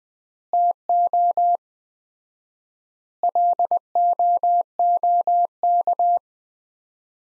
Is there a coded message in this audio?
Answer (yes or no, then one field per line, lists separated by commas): yes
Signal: Morse code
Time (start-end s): 0.5-6.2 s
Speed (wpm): 21 wpm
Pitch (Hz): 700 Hz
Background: none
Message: TO LOOK